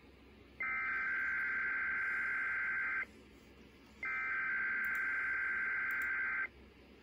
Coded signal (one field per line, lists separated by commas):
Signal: Emergency Alert System (SAME) tones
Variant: header bursts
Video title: EAS 1197-1198 - The WTOP